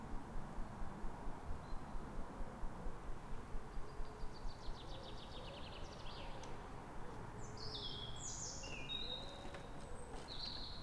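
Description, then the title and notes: Birds singing: a fast rhythmic trill, then scattered high chirps and whistled notes, over a steady low rumble of traffic. Calm morning in Fresnes, Ile de France, 3 May; several birds with ring-road traffic in the background. "Matin calme avec oiseaux. Fresnes, Ile de France. Mathias Arrignon"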